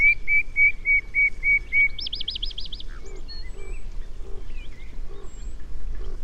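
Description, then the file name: Common nightingale song: a run of seven even whistled notes, then a fast high rattling trill, followed by scattered chirps and several soft low notes. "Luscinia megarhynchos"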